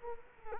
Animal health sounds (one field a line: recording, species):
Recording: mosquito wingbeat signal from an infrared sensor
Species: Culex quinquefasciatus